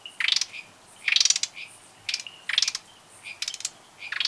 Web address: Natures Songs S America Birds of Ecuador Gray-breasted Wood-Wren (temperate)